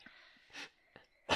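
A single sharp, harsh cough burst from an adult in a quiet room, following a softer breathy sound.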